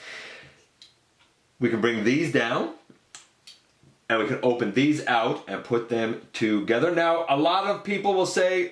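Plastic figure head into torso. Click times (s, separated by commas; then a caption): 0.8 s. The plastic head of a Transformers Earthspark Warrior Class Jawbreaker action figure is folded down into the torso during transformation and clicks into its locked position at 0.8 s. Two more faint clicks follow at 3.1 s and 3.5 s, and someone talks.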